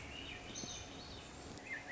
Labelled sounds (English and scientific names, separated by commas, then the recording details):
Swainson's Thrush (Catharus ustulatus)
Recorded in Sonoma County, California